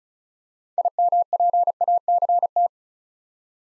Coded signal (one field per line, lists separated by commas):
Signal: Morse code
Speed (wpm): 34 wpm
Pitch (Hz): 700 Hz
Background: none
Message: IMPACT